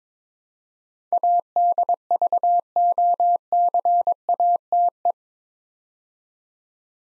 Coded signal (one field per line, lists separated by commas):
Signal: Morse code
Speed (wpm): 22 wpm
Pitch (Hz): 700 Hz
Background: none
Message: ADVOCATE